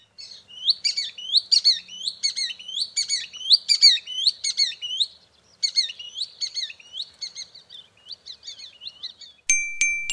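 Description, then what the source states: Green sandpiper calls: a rapid run of clear, fluty whistled notes, several a second, thinning out, then a ringing tone at the end. Plaintive, wailing call; recorded by the Swede Lars Edenius; sourced from xeno-canto.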